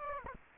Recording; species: mosquito wingbeat signal from an infrared sensor; Aedes aegypti